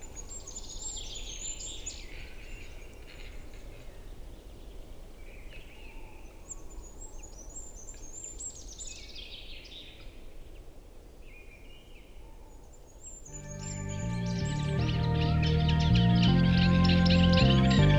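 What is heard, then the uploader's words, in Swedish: A capercaillie cock displays in a spring forest, with many birds chirping and singing high and bright over a low, steady hum for most of the clip. Around thirteen seconds a loud, dense burst of sound swells in and stays to the end. Tjäderspelets ljudvärld. Här får du själv höra skogens alla ljud i slutet av april när tjäderspelet är på sin topp. Vi har spelat in en spelande tjädertupp med en Telinga SSM-mikrofon kopplad till en Olympus LS14.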